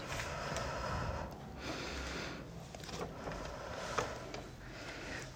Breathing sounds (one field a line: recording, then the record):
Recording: deep breathing after running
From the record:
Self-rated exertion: very light exertion (1 of 6)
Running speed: 5 miles an hour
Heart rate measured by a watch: 95 beats a minute at the start, 94 at the end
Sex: female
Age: 58 years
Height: 160 cm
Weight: 52 kg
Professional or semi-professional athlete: no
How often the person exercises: over 5 times a week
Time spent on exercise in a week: over 5 hours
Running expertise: no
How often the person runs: 3 to 5 times a week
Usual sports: running, swimming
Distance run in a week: 30 miles